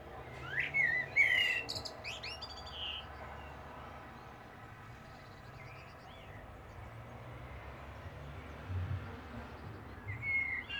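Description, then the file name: Common blackbird opening with a fluted warble and squeaky twitter, then mostly quiet with faint notes and a low rumble of background noise. "Turdus merula"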